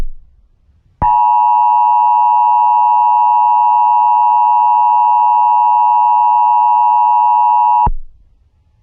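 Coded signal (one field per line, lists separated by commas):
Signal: Emergency Alert System (SAME) tones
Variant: 853 and 960 Hz attention tone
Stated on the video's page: Simulated EAS alert, a mock scenario.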